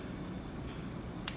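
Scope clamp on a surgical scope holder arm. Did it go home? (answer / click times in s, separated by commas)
yes / 1.3 s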